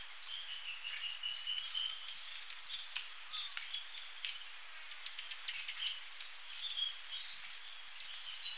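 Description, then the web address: Glistening-green tanager giving thin, very high-pitched call notes in quick uneven bursts, a few slurred up-and-down, with fainter lower chips and a short pause midway. Recorded in Ecuador. "Natures Songs S America Birds of Ecuador Glistening-green Tanager"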